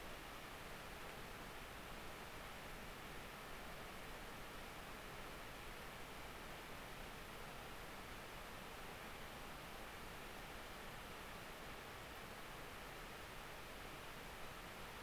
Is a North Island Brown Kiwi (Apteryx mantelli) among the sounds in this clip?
no